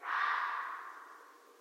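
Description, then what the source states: Red fox producing a hoarse, noisy bark that swells quickly and dies away over about a second. Recorded 13 January 2012.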